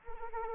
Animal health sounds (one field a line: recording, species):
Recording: mosquito wingbeat signal from an infrared sensor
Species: Anopheles arabiensis